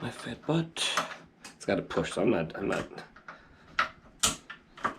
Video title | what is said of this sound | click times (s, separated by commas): Carousel Sliding Shower Chair,#handicap,#seniors,#easy,#old,#clean,#disable,#elderly,#help | okay so I heard it click there you go so I didn't have it clicked | 4.2 s